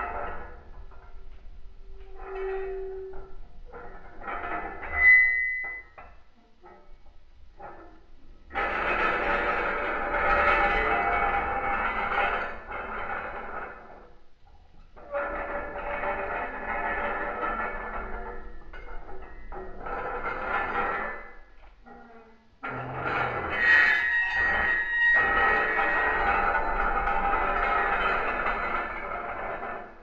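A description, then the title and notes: A pitched-down linoleum roller: sparse clicks and short tones for eight seconds, then three long, dense, grinding rolls with brief pauses between. Sound of a linoleum roller with pitch dropped.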